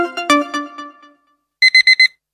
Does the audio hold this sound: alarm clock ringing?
yes